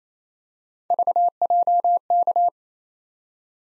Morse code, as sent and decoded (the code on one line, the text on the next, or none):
...- .--- -.-
VJK